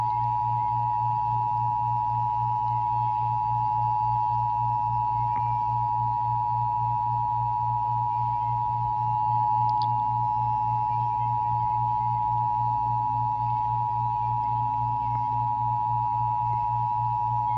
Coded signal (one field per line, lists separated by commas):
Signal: Emergency Alert System (SAME) tones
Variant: 853 and 960 Hz attention tone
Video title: Reacting to Some EAS ALERTS On my Nintendo Switch. (These is not actual Emergencies)